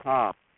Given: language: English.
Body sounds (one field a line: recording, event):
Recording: throat vibration sensor signal played as sound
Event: speech